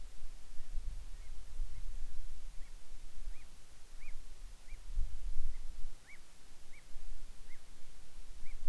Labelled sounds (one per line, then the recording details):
bird
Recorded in the Arctic National Wildlife Refuge, Alaska, on 10 July 2019 at 18:04
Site 44